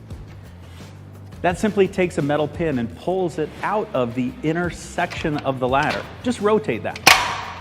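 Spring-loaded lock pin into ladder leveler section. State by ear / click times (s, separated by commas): not seated / none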